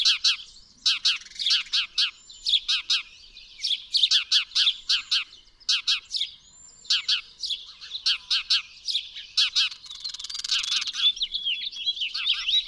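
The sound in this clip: Bird song: sharp, high chirps delivered in quick clusters of two to four, repeated steadily, with a thin trilling, warbling passage near the end.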